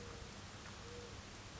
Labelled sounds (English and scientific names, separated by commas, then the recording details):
Mourning Dove (Zenaida macroura)
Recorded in Sonoma County, California